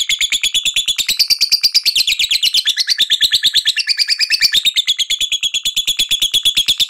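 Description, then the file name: Lovebird ngekek trill, a continuous fast rattling chatter of high piercing notes that rises and falls in pitch throughout. Lovebird performing the ngekek style, a long continuous trill; described as auto gacor, meaning it sings readily and loudly. "suara burung lovebird ngekek auto gacor"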